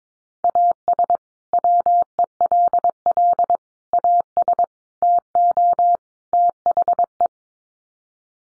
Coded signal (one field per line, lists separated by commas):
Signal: Morse code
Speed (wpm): 22 wpm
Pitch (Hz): 700 Hz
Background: none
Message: AS WELL AS TO THE